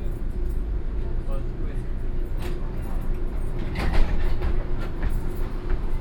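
A streetcar in the Castro district of San Francisco, California, USA, rumbles and rattles steadily along its rails, with a dense low-end roar and scattered metallic clicks and squeaks, swelling briefly louder around the middle.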